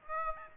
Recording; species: mosquito wingbeat signal from an infrared sensor; Aedes aegypti